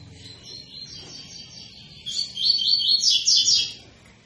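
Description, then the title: Double-collared seedeater song, soft high twitters at first, then a louder, rapid sequence of sharp, repeated notes in the second half. Tui-tui song style of a spirited ('fibra') bird, used as a teacher song for training young birds. "COLEIRO TUI TUI FIBRA CANTO PROFESSOR"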